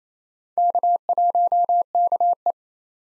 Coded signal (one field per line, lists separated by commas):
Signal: Morse code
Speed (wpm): 27 wpm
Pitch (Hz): 700 Hz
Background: none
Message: K1KE